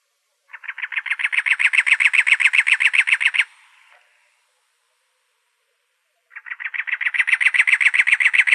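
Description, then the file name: Cactus wren chattering: a three-second run of gravelly, evenly spaced churr notes that build in loudness, a pause, then another run starts. Recorded in Arizona on 2 October 2003. "CACW 3 deviche"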